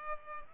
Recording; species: mosquito wingbeat signal from an infrared sensor; Culex pipiens